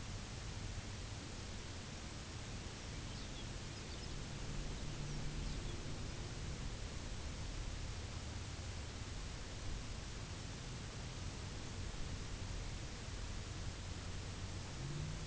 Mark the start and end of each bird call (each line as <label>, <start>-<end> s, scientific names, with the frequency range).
Calcarius lapponicus (2.4-6.5 kHz), 2.60-4.22 s
Calcarius lapponicus (2.0-6.7 kHz), 4.91-6.33 s